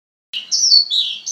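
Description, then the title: Javan bush lark song: after a short silence, a high whistled phrase of slurred notes that rise and then slide downward. "Suara Burung Branjangan"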